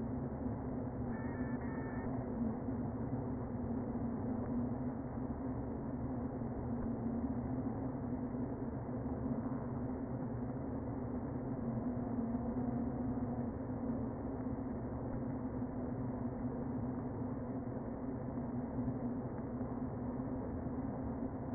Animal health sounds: honeybee colony, microphone inside the hive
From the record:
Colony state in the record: queen present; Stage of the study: before two queens were removed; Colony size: about 60,000 bees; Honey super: yes

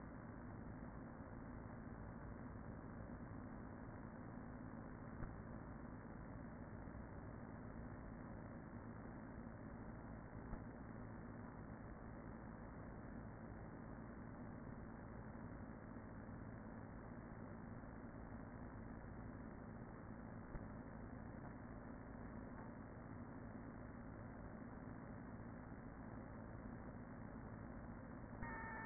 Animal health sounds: honeybee colony, microphone inside the hive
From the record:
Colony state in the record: queen present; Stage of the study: after two queens were removed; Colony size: about 40,000 bees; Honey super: no

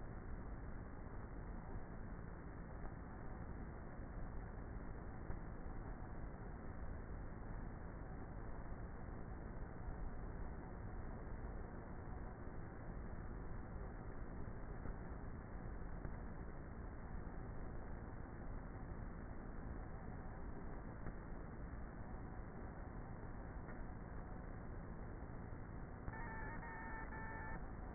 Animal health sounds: honeybee colony, microphone inside the hive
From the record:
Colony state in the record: queenless with a low population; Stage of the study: before two queens were removed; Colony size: about 30,000 bees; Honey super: no

